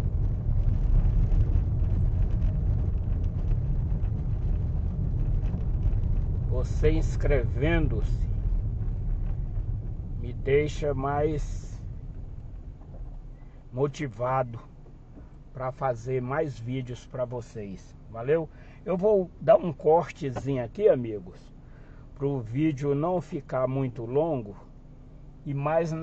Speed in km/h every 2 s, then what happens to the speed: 24, 22, 21, 16, 12, 5, 0, 0, 0, 0, 0, 0, 0.
0-11 slows to 0. 11-26 standing.